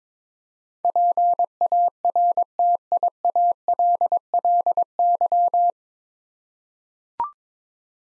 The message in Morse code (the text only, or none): PARTIALLY